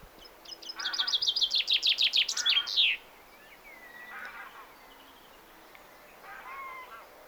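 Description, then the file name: Common chaffinch singing one bright, accelerating trill of repeated notes that ends in a quick flourish, followed by fainter calls. "Fringilla coelebs"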